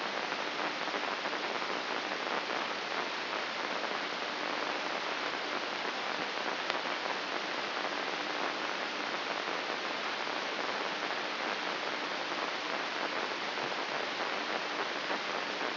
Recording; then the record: brain microelectrode recording played as sound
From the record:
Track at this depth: inside the subthalamic nucleus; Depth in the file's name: 5.483 mm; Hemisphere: left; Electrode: 2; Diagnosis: Parkinson's disease